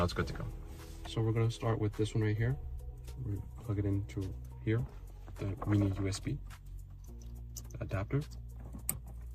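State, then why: Seated. A mini USB adapter plug is pushed into its socket on a radio harness while someone talks over faint background music. A single sharp click at 8.9 seconds confirms the connector has seated.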